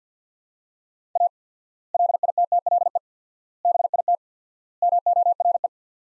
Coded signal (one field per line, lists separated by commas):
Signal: Morse code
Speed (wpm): 50 wpm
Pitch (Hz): 700 Hz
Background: none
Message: A LITTLE BIT MORE